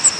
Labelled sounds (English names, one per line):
Cape May Warbler flight call